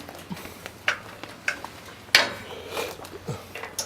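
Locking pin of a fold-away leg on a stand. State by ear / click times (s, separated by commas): seated / 2.1 s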